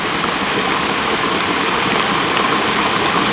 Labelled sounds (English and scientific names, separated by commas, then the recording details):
none
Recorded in pastures near Puerto Asís, Putumayo, Colombia, on 19 March 2025 at 23:00
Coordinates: 0.472, -76.329
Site G074